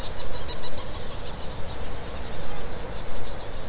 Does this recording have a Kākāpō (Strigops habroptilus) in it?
no